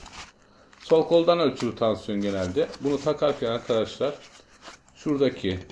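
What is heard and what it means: The air hose plug of an Omron M2 (HEM 7143E) blood pressure cuff is pushed into the plastic socket on the monitor body and seats with a short, sharp click at 0.7 s. Someone then talks through the rest of the clip.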